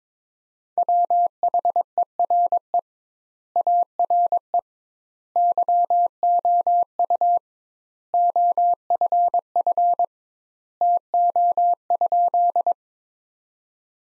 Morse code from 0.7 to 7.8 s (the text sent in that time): WHERE ARE YOU